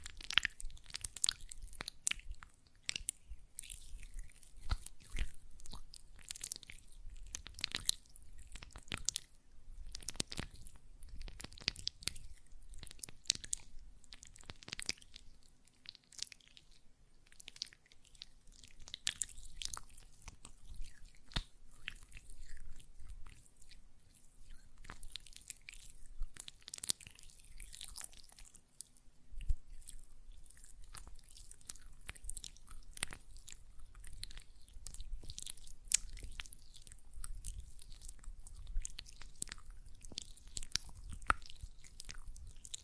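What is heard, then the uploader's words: Gel lotion is worked between the hands, giving a run of sticky, wet squelches and smacking bursts that come in quick, irregular clusters throughout. The sounds are crisp and bright with some low thuds, and a faint steady low hum sits underneath. ASMR Gel Lotion Hand Sounds (No Talking).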